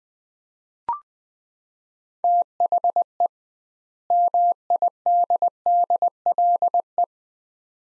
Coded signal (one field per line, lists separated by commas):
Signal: Morse code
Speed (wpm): 21 wpm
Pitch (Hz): 700 Hz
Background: none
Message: THE MIDDLE